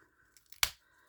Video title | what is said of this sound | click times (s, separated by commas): HOW TO MAKE SNAP CLIPS, DIY SNAP CLIP TUTORIAL, HOW TO MAKE SNAP CLIPS USING SHAKER SNAP CLIP COVERS | then it snaps in place | 0.6 s